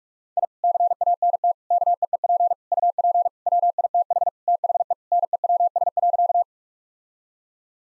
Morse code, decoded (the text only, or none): I CANT KEEP UP WITH THE NEWS.